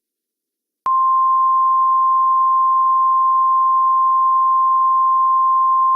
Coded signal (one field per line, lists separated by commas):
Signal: Emergency Alert System (SAME) tones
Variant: 1050 Hz attention tone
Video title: EAS Scenario: Under the Moon's Light Part 2